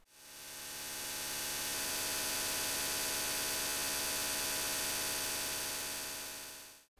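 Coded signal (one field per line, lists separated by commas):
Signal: digital voice data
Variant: TETRA (Airwave)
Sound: harsh, steady buzzing hiss with a rapid pulsing texture, fading in and out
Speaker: sound you just heard there was police radio in the uk more commonly known as airwave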